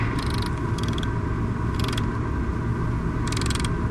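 Band-winged grasshopper making short crackling bursts of rapid clicks, four separate bursts, over a steady low rumbling hum.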